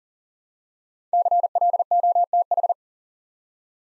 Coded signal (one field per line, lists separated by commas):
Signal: Morse code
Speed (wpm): 39 wpm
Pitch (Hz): 700 Hz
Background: none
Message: CLOTH